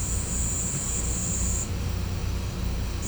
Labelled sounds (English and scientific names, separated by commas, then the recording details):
none
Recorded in pastures near Puerto Asís, Putumayo, Colombia, on 18 December 2024 at 11:00
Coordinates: 0.505, -76.324
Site G063